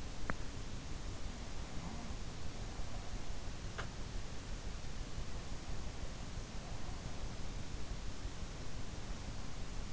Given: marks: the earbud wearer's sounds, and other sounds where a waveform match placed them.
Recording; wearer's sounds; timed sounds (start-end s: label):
sounds in sleep by an in-ear microphone; teeth grinding
0.00-0.57 s: teeth grinding